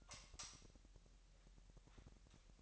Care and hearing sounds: daily activity, microphone in the room; light off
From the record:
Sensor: 3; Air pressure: 1001.9 hPa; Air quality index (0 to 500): 243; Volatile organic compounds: 45 ppm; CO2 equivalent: 3227 ppm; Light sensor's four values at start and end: 11/27/11/11 and 6/14/5/6

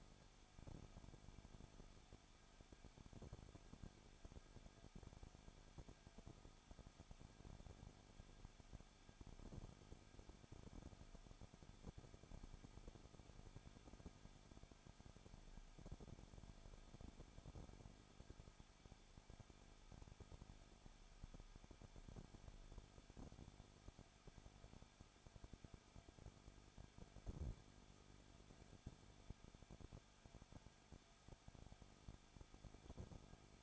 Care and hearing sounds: daily activity, microphone in the room; no activity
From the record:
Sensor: 5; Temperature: 20.9 degrees Celsius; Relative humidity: 35.1%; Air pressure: 994.6 hPa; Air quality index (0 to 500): 153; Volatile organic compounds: 2 ppm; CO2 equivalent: 1278 ppm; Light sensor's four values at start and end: 2/3/1/1 and 2/3/1/1

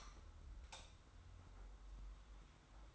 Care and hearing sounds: daily activity, microphone in the room; light on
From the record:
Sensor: 3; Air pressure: 991.0 hPa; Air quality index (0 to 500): 113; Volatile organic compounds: 66 ppm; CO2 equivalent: 3476 ppm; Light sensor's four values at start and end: 36/85/34/32 and 39/94/38/35

